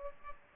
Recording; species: mosquito wingbeat signal from an infrared sensor; Aedes aegypti